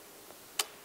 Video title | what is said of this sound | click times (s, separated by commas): Gardons le lien... 21/12/20 Couture : Sac à cadeaux | doit entendre voilà un petit clic très bien donc | 0.6 s